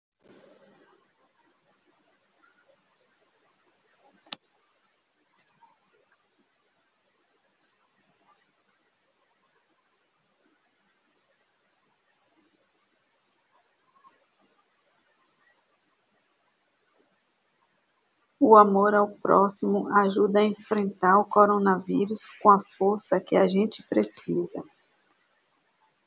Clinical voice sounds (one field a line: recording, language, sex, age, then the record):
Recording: spoken sentence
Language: Brazilian Portuguese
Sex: female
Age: 50 to 59 years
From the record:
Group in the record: control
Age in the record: 54 years